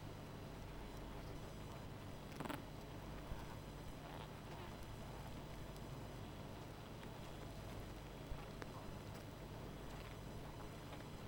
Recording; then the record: honeybee colony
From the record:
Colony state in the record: missing queen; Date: 14 July 2017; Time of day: 19:40